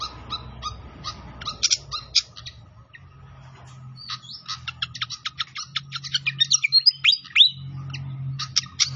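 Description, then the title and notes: Pied fantail song: scattered sharp chips becoming a quickening series of high clicks and slurred whistles, over a constant low rumbling background. Masteran training recording of a clear-voiced song mixed with the sound of trickling water; the notes also name Sikatan Londo. "Masteran Sikatan Kipas Suara Jernih Dan Suara Gemericik Air. Suara Burung Sikatan Londo"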